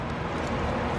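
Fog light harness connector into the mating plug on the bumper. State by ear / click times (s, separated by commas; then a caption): not seated / none. A fog light harness connector is pushed toward its mating plug on a Rough Country full-width trail front bumper with light bar being installed on a Jeep Wrangler JL. Only a steady broadband background noise is heard, with no sharp transients. Nothing has clicked or seated yet.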